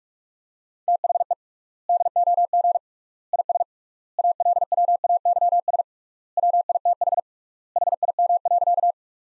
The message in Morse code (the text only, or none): THE DOG IS ALWAYS WITH HIM.